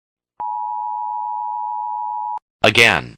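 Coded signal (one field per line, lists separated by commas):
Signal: Emergency Alert System (SAME) tones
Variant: 853 and 960 Hz attention tone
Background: speech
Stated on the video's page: Parody containing possibly valid EAS tones.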